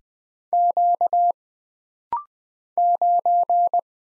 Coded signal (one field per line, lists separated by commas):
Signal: Morse code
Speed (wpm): 20 wpm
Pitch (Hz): 700 Hz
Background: none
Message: Q 9